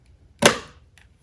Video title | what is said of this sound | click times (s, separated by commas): How to open hard wired Honeywell security motion sensor | holding up top and pushing down below with my thumbs until the push button locks in place and makes that clicking sound. | 0.5 s